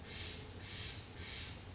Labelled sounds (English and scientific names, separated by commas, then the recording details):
Steller's Jay (Cyanocitta stelleri)
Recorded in Sonoma County, California